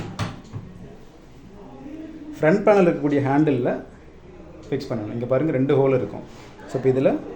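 A square spindle rod is handled at the two-hole socket of the handle on an Ezviz DL05 smart lock front panel, with its spring pin about to be pressed so it can be inserted and locked. A short sharp knock sounds at about 0.2 s, then someone talks over quiet handling noise. Nothing has seated or clicked yet.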